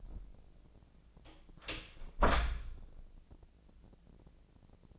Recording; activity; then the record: daily activity, microphone in the room; close door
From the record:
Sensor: 5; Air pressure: 1012.4 hPa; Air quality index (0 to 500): 159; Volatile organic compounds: 2 ppm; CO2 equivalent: 1085 ppm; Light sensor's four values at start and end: 272/662/278/306 and 267/647/272/299